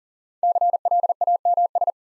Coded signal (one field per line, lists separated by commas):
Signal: Morse code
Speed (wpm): 40 wpm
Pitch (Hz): 700 Hz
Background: none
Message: CLAMS